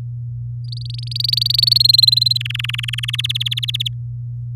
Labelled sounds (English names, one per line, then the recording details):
Domestic Canary song
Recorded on 4 May 2018 at 06:25
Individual llb16